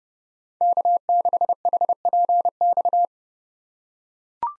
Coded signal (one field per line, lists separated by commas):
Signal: Morse code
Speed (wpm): 32 wpm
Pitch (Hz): 700 Hz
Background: none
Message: K6HPX